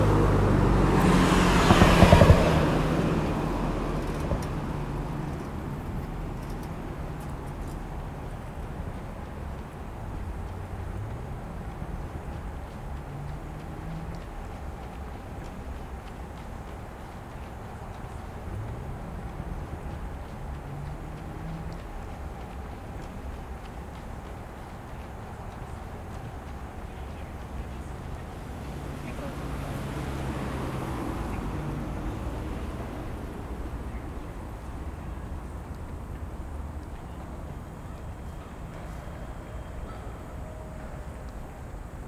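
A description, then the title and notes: Outdoor sound around Tokyo Olympic Stadium in Shinjuku, with a steady low rumble of traffic throughout. A loud vehicle passes in the first few seconds, then another swells and fades around the thirty-second mark. Faint voices and a thin, constant whine sit beneath the hum. Tokyo Olympic Stadium (Day Opening). Field-recorded at Tokyo Olympic Stadium, Shinjuku. An arranged ambient track by kaolu_euphony from the sound materials field-recorded at several places in Tokyo.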